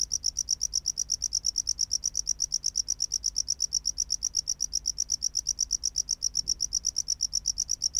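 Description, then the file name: Tropical house cricket song, a continuous run of evenly spaced shrill pulses at a brisk pace. "Bio Acoustica. Gryllodes sigillatus"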